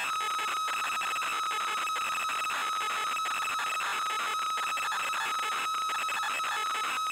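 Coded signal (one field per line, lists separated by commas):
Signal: ZX Spectrum tape loading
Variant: ZX Spectrum +2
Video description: Loading a FLAC recording of Basil the Great Mouse Detective on a real Spectrum +2 (UK), with the wrong polarity. Loader is polarity-dependant and doesn't load.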